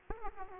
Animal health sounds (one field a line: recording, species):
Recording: mosquito wingbeat signal from an infrared sensor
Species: Aedes aegypti